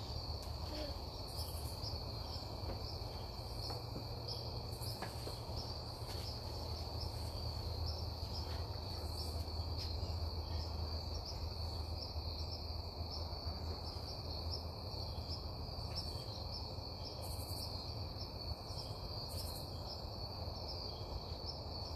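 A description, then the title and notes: A fall night on a front porch, filled with a steady, dense chorus of crickets trilling in a high, even band. Underneath runs a low, constant rumble like traffic, with occasional faint clicks and a few brief higher chirps scattered throughout. Front Porch in Fall. Recorded late last year, this is what Fall sounds like where I grew up.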